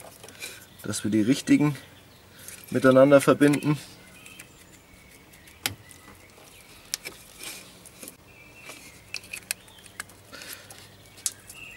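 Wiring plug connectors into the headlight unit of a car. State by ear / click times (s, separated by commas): seated / 5.7 s, 6.9 s, 9.5 s, 11.3 s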